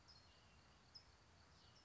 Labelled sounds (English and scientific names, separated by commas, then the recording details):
California Towhee (Melozone crissalis)
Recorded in Sonoma County, California